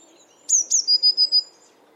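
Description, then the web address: Eurasian blue tit: two bright high notes followed by a rapid series of four level notes, clean and isolated against a quiet background. "cianscape. Deverinetal"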